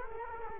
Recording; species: mosquito wingbeat signal from an infrared sensor; Culex quinquefasciatus